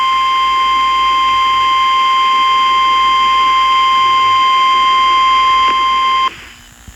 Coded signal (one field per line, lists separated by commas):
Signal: Emergency Alert System (SAME) tones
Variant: 853 and 960 Hz attention tone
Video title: Eas Scenario/ Analog Horror Cursed Moon